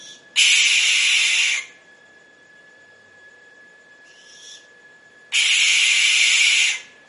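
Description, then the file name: Barn owl screeching: two long, harsh, hissing shrieks of over a second each, with a fainter, shorter rasp between them. "canto da coruja de celeiro"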